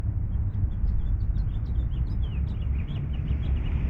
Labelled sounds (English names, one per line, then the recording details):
House Finch song
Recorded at Neponsit on Long Island, New York, on 4 June 1975
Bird B